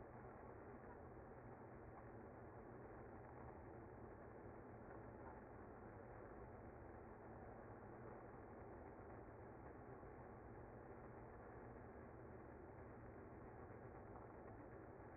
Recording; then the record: honeybee colony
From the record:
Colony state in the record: active